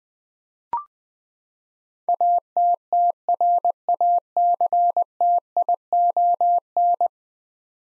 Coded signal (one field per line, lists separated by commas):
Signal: Morse code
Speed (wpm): 20 wpm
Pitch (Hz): 700 Hz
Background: none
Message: ATTRACTION